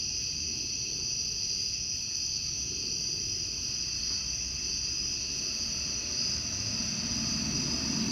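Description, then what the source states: Cicadas droning in a steady, unbroken high chorus with a fainter lower band beneath, over low rumbling traffic that swells slightly near the end. Outdoor recording in summer, cicadas calling with a car driving by.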